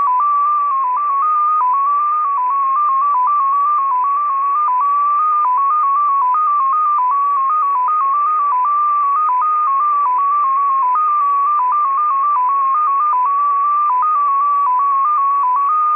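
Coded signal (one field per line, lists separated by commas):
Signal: numbers station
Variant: XPA2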